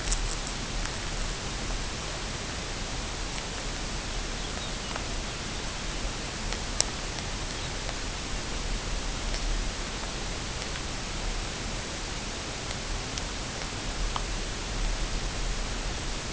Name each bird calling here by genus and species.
Calcarius lapponicus